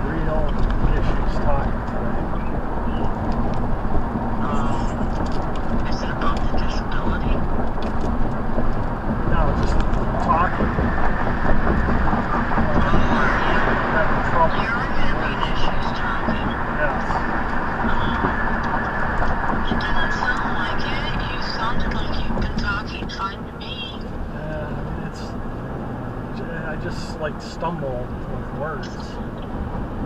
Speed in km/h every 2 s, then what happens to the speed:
66, 71, 74, 76, 77, 82, 81, 82, 81, 77, 76, 72, 76, 76, 74.
0-10 speeds up to 82. 10-15 steady at about 82. 15-21 slows to 72. 21-30 steady at about 74.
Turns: none.